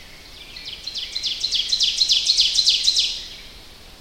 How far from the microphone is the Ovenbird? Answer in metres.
about 15 m